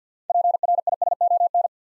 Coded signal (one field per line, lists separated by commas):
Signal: Morse code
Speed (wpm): 50 wpm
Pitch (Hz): 700 Hz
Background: none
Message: PRISON